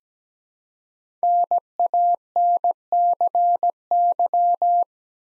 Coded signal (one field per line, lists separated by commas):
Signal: Morse code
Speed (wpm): 17 wpm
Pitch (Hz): 700 Hz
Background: none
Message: NANCY